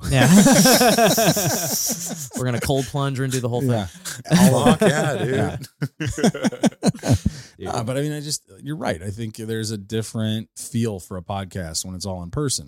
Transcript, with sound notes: - (laughs) We're gonna cold plunger and do the whole thing. - A lot. - Yeah, yeah. - (laughs) But I mean, I just, you're right. I think there's a different feel for a podcast when it's all in person.